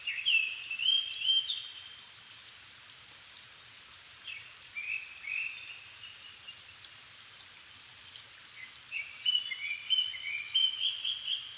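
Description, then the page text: Japanese thrush sings three bright whistled phrases separated by pauses, over a constant soft hiss. Nikko, Japan; recorded 7 May 2011 at 17:59, in the evening, at about 270 m, with a Sony PCM-D50 and Panasonic WM-61A mics. "kurotugumi 20110507-1759. Turdus cardis [Sounds -Nikko Today-]"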